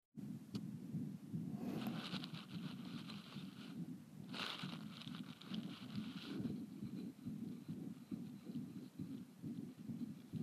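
Fast heartbeat of a 14-day-old calf, about 136 a minute, with a whooshing systolic murmur heard on the right side and some handling noise.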